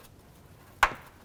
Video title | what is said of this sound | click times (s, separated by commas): How to Replace Parking Sensors 2010-18 RAM 1500 | I'm gonna press this in, listen for another click. There it is. | 0.8 s